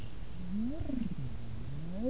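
Whale giving low, rising and falling tonal moans with harmonics, swooping upward at the end, over steady background noise.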